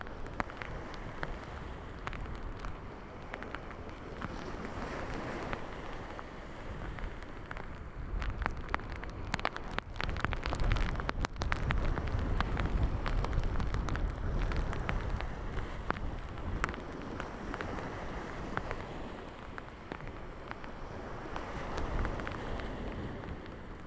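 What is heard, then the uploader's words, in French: A walk in the rain along the North Sea shore: a dense, steady patter of drops with sharp taps scattered throughout, over a low rushing roar of wind or surf. Around ten to fifteen seconds the roar swells and the clicks thicken. Une balade sous la pluie, sur les bords de la mer du nord, en binaural sous ma capuche. Enregistré avec un Zoom H1n et des micros Rolands CS10-EM.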